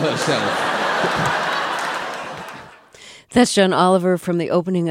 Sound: soundbite of laughter

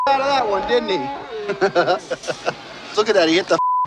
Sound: soundbite of laughter

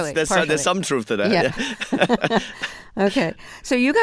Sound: laughter

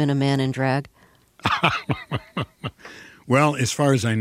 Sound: soundbite of laughter

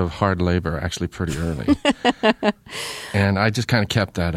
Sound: soundbite of laughter

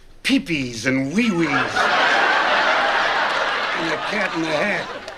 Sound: laughter

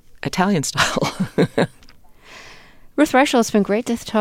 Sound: soundbite of laughter

